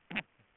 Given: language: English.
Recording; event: throat vibration sensor signal played as sound; throat clearing